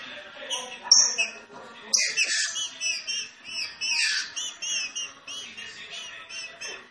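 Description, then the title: Green-winged saltator song: a dense run of rich whistled and harsher notes in quick succession over a faint hum. Classic song (canto clássico), training recording. "Canto Clássico Trinca Ferro TREINAMENTO"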